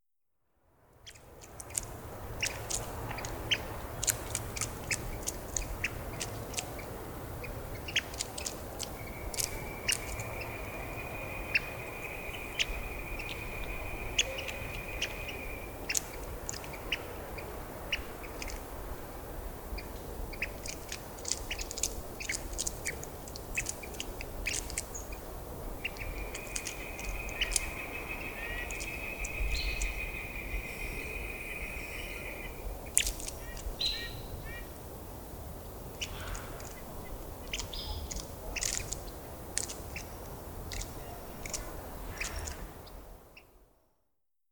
Pygmy Nuthatch call recorded in Upper Beaver Meadows in Rocky Mountain National Park. Note that a Northern Flicker and a White-breasted Nuthatch can also be heard in the background.